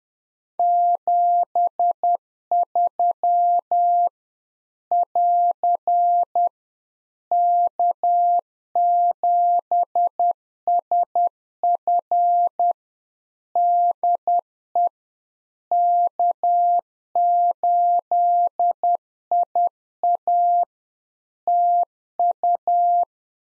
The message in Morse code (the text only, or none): 73 <AR> K7SF DE K8IA TU